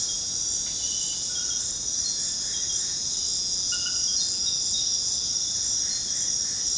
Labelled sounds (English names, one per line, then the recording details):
none
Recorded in secondary vegetation near Puerto Asís, Putumayo, Colombia, on 21 February 2024 at 23:00
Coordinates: 0.472, -76.331
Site G6371